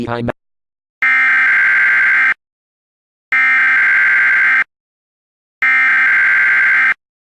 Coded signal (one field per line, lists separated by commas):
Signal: Emergency Alert System (SAME) tones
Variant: header bursts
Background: speech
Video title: EAS Classic: The EAS Interrupts Microsoft Mike Reads Computer Errors Part 4 (Original Re-Edit)